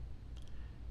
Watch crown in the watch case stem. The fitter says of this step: two clicks out you can you